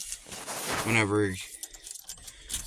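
A metal key is turned in the ignition lock cylinder of an old 1984 Ford F-150 truck to show it locking in place, while someone talks. After the speech, a short run of light metallic rattles and taps is heard from about 1.6 to 2.1 s. The key fails to lock in place, and nothing has seated or clicked yet.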